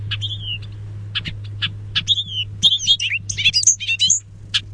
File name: BOBO call song